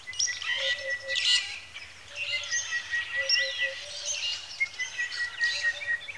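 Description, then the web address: Birds calling in a chorus, a clear thin whistle repeated between bursts of chirps, and low soft hooting notes. Lakeside birdsong in Kenya, Africa, early in the morning. "A Természet hangjai - Madárdal A Természet hangjai - Afrika, Kenya - Tópart madárcsicsergéssel kora reggel"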